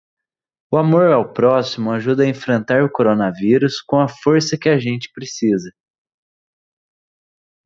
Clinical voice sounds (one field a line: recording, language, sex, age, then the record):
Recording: spoken sentence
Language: Brazilian Portuguese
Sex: male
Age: 20 to 29 years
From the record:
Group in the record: control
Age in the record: 22 years